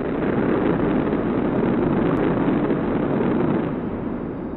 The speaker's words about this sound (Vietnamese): Lúc này chợt có tiếng gió ào ào nổi lên, ầm vang như sấm giật. Một loạt đá vụn cành cây thi nhau rơi xuống đất.